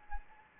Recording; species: mosquito wingbeat signal from an infrared sensor; Anopheles gambiae